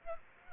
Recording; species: mosquito wingbeat signal from an infrared sensor; Aedes aegypti